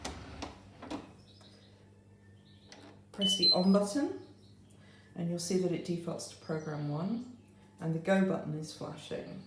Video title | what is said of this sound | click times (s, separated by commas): Using the dishwasher | just up, over and just click into place. | 0.0 s